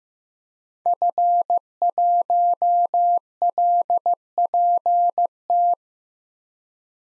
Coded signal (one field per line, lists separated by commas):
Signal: Morse code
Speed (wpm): 15 wpm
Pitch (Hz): 700 Hz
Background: none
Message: F1LPT